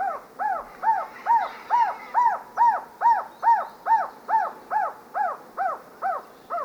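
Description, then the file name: Ecuadorian trogon call: a steady series of mellow, arched hooting notes, a little over two per second, evenly spaced and holding the same pitch throughout. "Golosa ptic - Ekvadorskij trogon Trogon mesurus"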